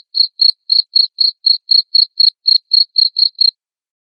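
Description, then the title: Cricket giving short, sharp high chirps at an even pace of about four a second, stopping half a second before the end. Loud cricket chirping played to make lovebirds sing continuously. "Suara JANGKRIK NGERIK Keras Bikin LOVEBIRD Jadi NGEKEK Terus"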